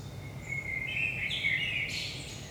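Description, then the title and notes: Common blackbird delivering a short fluted phrase that runs into a thin high squeaky ending, with low steady noise beneath. Blackbird at 5 am, early morning, in Saint-Gilles, Belgium; recorded with DPA 4060 microphones in AB position into a Zoom F3. "Saint-Gilles, Belgique - 5am Blackbird. Blackbird in the morning. Merle au petit matin"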